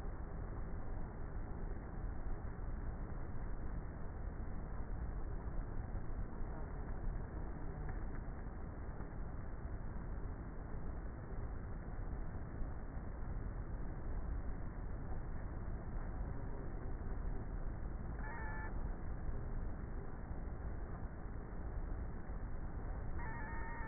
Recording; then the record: honeybee colony, microphone inside the hive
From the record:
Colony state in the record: queenless with a low population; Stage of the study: before two queens were removed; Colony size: about 30,000 bees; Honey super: no